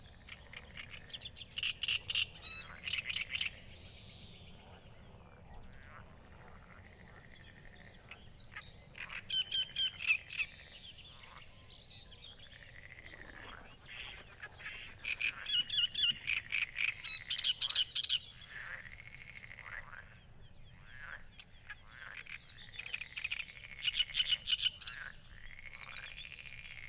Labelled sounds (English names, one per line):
Great Reed Warbler song